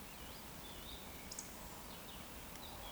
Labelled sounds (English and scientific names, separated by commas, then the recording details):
Eurasian Woodcock (Scolopax rusticola) whistle
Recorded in Baden-Württemberg, Germany, on 14 June 2020 at 19:53 UTC
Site 14569, 102 m above sea level